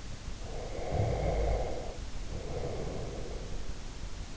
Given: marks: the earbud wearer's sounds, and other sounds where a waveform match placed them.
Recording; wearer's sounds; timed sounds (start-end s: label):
sounds in sleep by an in-ear microphone; snoring breath
0.45-3.65 s: snoring breath